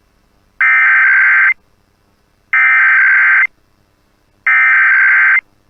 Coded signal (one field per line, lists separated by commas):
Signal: Emergency Alert System (SAME) tones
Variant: header bursts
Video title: EAS Required Monthly Test Arkansas/New Mexico +WeatherSTAR4000